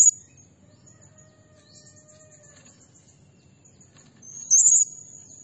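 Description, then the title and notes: Blue-crowned hanging parrot calls: very high, thin squeaky notes in a fast repeated series, then a louder shrill burst near the end. Lure and training (masteran) recording of a vigorously singing (gacor) bird in the 'nembak' style, said to provoke other birds. "Burung Serindit Nembak Gacor Bikin Emosi Semua Burung. Suara Nasteran Dan Pemikat Burung Serinditan Gacor"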